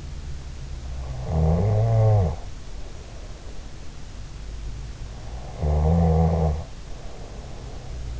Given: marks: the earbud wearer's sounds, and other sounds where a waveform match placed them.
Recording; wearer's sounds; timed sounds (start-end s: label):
sounds in sleep by an in-ear microphone; snoring breath
1.19-3.51 s: snoring breath
5.48-8.20 s: snoring breath